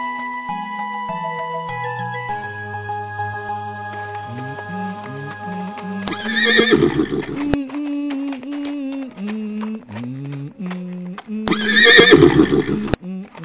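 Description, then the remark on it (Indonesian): Horses whinny and neigh repeatedly in loud, wavering, high-pitched bursts, while hooves clop irregularly underneath, with two especially strong neighing outbursts. “Pada zaman dahulu kala, di sebuah kadipaten, hiduplah seorang pekadik bernama Joko, yang sehari-harinya bertugas memandikan dan memberi makan kuda-kuda.”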